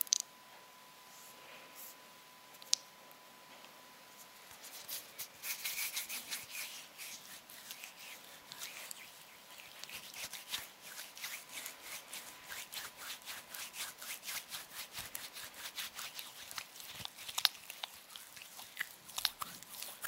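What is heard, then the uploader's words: Hands rub and brush against each other in quick, papery strokes, starting softly and growing dense and steady from about five seconds on. A faint steady whine hums underneath, and sharp single clicks stand out near three and seventeen seconds. Rode Mic. Hand Sounds (Fluttering, Rubbing, Plucking, Hand Cream ...)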